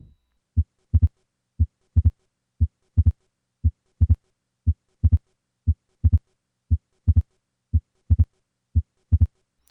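Simulated heartbeat at about 59 per minute with a widely split second heart sound, the two components 80 milliseconds apart, as in atrial septal defect.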